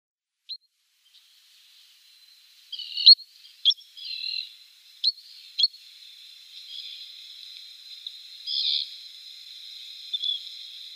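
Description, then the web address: Spotted sandpiper calls, thin high sharp notes given singly and in short bursts at irregular intervals over a faint steady high hiss. "Schulze Peter Spotted Sandpiper calls"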